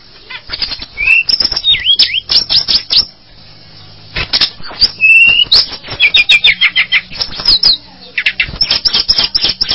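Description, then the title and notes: Bird song with looping whistled notes and a short steady whistle, interspersed with fast rattling, ticking bursts and brief pauses. "Bird Sound. Kicau Burung Lengkap"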